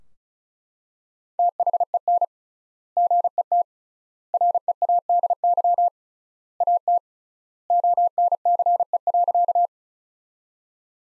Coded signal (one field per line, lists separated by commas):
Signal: Morse code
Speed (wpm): 36 wpm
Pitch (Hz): 700 Hz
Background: none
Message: THEN GET READY AT ONCE.